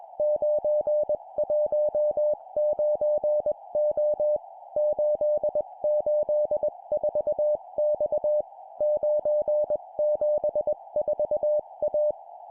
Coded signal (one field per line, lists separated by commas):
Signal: Morse code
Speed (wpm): 20 wpm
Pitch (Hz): 600 Hz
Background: none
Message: 919O 884X 974A